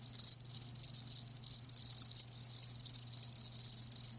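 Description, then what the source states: Crickets producing a blurred, continuous high trill with uneven pulses, over a steady low hum. Live crickets chirping.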